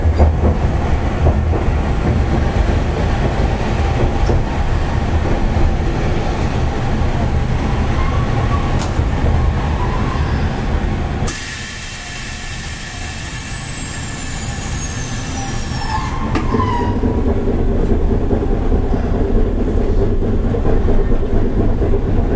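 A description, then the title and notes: A Hankai Tramway type 701 tram runs with a steady low rumble and dense rattling from the wheels and body. From about 11 to 16 seconds a bright, loud hiss rises over the run, with a high tone gliding downward, before the ordinary rumble returns. 阪堺電気軌道701形電車の走行音です。 阪堺線で録音しました。 区間は、我孫子道から恵美須町までです。 It is running sound of train 701 type Hankai Tram Train.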